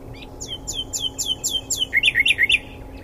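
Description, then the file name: Common nightingale song: a rapid series of descending slurred whistles, switching to sharp looping notes near the end. "Luscinia megarhynchos"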